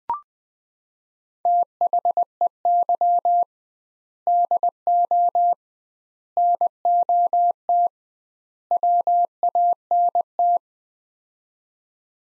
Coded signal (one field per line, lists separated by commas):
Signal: Morse code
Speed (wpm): 20 wpm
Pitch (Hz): 700 Hz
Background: none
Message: THEY DO NOT WANT